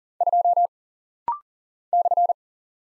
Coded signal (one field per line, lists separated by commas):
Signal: Morse code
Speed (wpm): 40 wpm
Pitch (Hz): 700 Hz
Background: none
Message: 2 /